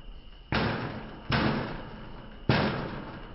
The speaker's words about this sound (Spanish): Luego sonaron unos golpes enérgicos en la puerta de atrás.